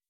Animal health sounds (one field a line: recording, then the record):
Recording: hydrophone in a shrimp aquaculture tank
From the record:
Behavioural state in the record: weakened